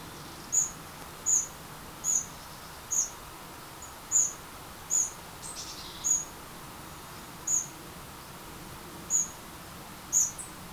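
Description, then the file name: Eurasian wren giving a long series of short, piercing high ticks, roughly one per second with uneven gaps, over soft steady hiss. "Troglodytes troglodytes"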